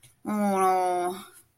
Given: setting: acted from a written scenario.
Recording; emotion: vocal sound without words; distress